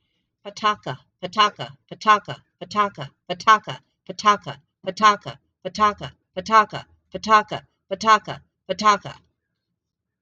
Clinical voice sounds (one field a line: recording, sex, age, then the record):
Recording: repeated syllables /pa ta ka/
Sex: female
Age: 60 to 69 years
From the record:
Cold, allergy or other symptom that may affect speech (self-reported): no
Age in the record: 64 years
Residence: Idaho, United States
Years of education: 16